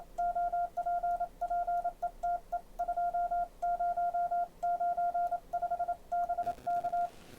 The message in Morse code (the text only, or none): OP PETE 2095 BK